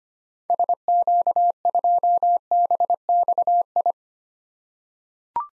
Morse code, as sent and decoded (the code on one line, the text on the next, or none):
... --.- ..--- -... -..- ..
SQ2BXI